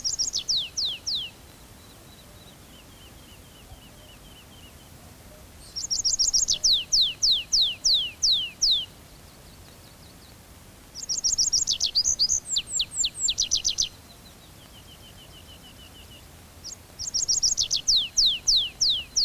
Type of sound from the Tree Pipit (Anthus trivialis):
song